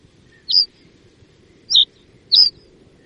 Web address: reed bunting